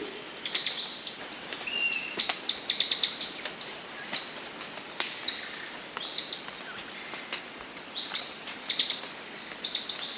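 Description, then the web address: Golden-mantled tamarin giving rapid, very high, sharp chirps and squeaks in irregular bursts over a steady high hum. South American rainforest. "Nature Songs S America Primates of the Rainforest Golden-mantle tamarin"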